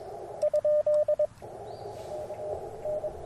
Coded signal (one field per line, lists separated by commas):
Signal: Morse code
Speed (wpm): 22 wpm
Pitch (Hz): 600 Hz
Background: radio noise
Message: ? K N